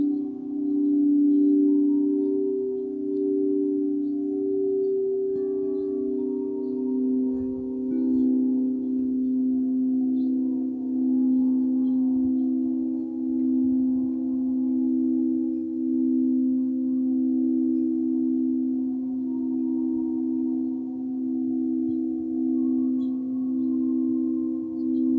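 Tibetan singing bowls hum in a sustained, low ringing drone that holds steady throughout, with a couple of pitched tones beating and swelling gently. Faint higher chime-like overtones shimmer above, and a soft low rumble sits underneath with small bumps around eight seconds.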